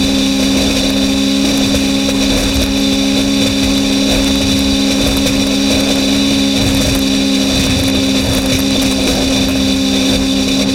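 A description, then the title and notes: A steady, dense drone holds for the whole stretch, built from several sustained tones stacked low and high, with a strong hum near the bottom and bright ringing lines above. Rough, engine-like rumble churns underneath at constant loudness, with faint crackling flickers throughout. Film tins filled with objects including nails, tacks, ball bearings and other miscellaneous objects. The film tins were then equipped with piezo microphones plugged into amps then placed atop upward facing speakers. Recorded by the reel-to-reel.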